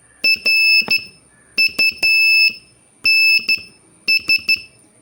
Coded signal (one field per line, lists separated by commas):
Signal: Morse code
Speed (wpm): 13 wpm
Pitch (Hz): 2650 Hz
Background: none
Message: RUNS